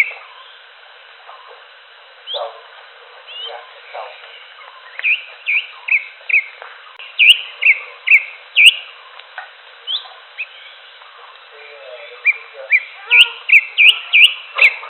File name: cucak hijau alam liar